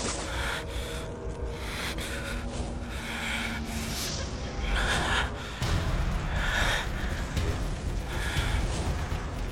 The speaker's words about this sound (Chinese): 他贴靠在墙上喘息，被火焰炙烤的墙壁传递着令人难以忍受的高温。